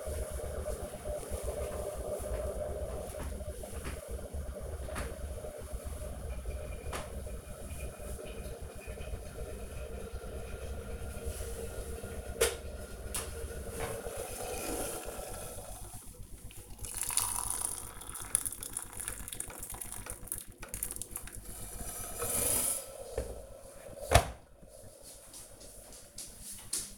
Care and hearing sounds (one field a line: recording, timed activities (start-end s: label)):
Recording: household activities, microphone on the right wrist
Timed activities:
0.00-24.02 s: making tea